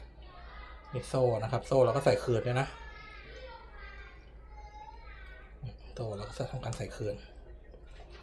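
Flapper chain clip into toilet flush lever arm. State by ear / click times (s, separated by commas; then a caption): not seated / none. A toilet flapper chain clip is handled as it is being put back onto its original spot on the flush lever arm, while someone talks in two bursts around 1.0–2.7 s and 6.0–7.1 s. A brief sharp sound comes at 6.0 s among the speech. Nothing has seated or clicked yet.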